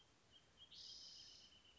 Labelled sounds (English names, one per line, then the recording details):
Wrentit
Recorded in Sonoma County, California